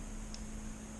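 A release button is pressed on the plastic buckle of a TELESIN magnetic neck-mount phone holder lanyard, and the clasp clicks open so the mount can come off. A single short, sharp high click sounds at 0.3 s over a steady background hiss and low hum.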